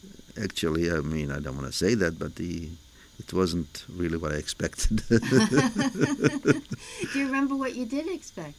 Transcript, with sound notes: actually, I mean, I don't want to say that but he, it wasn't really what I expected (they laugh)
You remember what you did expect?